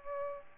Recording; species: mosquito wingbeat signal from an infrared sensor; Aedes albopictus